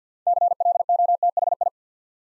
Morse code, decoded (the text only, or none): CLOTHI